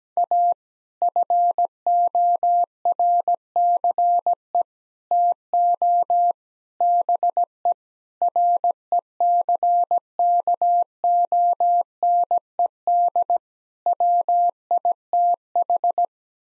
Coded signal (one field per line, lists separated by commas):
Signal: Morse code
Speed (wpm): 17 wpm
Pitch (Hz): 700 Hz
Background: none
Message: A FORCE TO BE RECKONED WITH